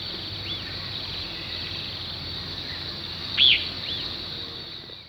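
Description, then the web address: Lesser elaenia produces one clear arched slurred note with faint similar notes before and after, set against a continuous high-pitched insect drone. Recorded in Ecuador. "Birds of Ecuador. Lesser Elaenia"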